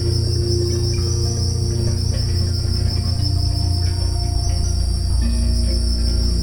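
Cricket chorus, a steady high shimmering trill running unbroken throughout, over low sustained humming tones that shift pitch.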